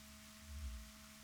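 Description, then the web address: Fin whale call: one brief, very deep pulse swelling and fading within half a second, set against steady low hum tones and background hiss. Recorded in Chile. "Balaenoptera Physalus Chile"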